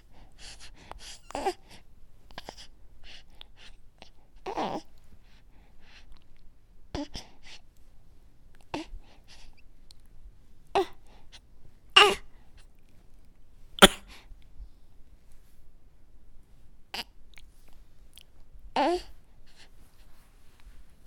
Baby working or in slight tummy pain.